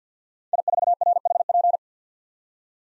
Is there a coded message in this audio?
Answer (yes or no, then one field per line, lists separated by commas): yes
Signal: Morse code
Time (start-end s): 0.5-1.8 s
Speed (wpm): 50 wpm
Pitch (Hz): 700 Hz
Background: none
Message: I4RHP